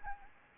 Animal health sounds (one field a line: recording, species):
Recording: mosquito wingbeat signal from an infrared sensor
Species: Anopheles gambiae